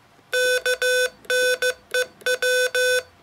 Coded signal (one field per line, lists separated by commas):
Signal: Morse code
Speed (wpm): 15 wpm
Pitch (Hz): 500 Hz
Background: none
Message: KNEW